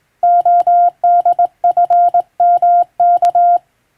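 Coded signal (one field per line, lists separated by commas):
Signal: Morse code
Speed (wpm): 20 wpm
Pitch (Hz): 700 Hz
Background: none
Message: ODFMK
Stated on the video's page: Morse practice from a European-language telegram sending practice book; radiotelegraph operator practice.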